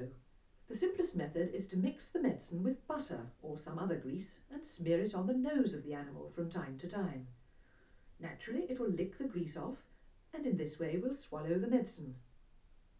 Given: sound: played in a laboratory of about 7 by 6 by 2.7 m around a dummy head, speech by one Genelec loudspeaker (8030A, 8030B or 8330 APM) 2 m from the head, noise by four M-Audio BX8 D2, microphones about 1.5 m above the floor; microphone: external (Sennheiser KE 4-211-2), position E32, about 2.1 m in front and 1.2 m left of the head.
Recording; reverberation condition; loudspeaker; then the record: female speech in English; low; 150 degrees to the left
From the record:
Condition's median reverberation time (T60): about 310 ms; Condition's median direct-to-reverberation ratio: about 3.5 dB